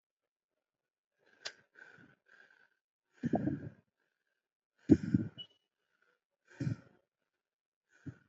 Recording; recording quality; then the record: deep breathing; moderate, slight background noise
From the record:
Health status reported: exposed to COVID-19, no respiratory illness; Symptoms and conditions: none ticked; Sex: male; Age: 26 years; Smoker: not ticked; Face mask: not worn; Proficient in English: yes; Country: India